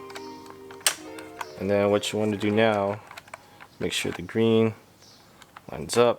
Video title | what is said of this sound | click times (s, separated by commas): 2014 Lexus IS250 Actuator Replacement | the top hole and then that should lock into place | 0.9 s